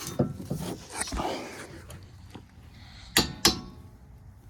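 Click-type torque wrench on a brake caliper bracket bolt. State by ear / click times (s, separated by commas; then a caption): torque reached / 3.2 s, 3.5 s. A click-type torque wrench set to 70 ft-lb tightens the caliper bracket bolt on the rear brake of a 2019 Ford Fusion Hybrid, with faint ratcheting and handling noises early on. Two sharp clicks at 3.2 s and 3.5 s show the wrench reaching its setting, confirming the bolt is torqued.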